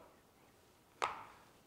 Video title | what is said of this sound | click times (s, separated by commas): Modifying the battery box on the Losi promoto to accommodate an 8000mah battery with a balance lead | close you can hear the click and look my battery door is staying closed all by itself now | 1.0 s